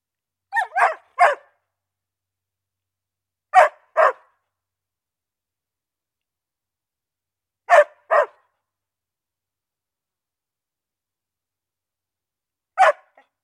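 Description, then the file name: A dog barks in short groups of one to three barks, each group separated by several seconds of silence. "Dogs Barking"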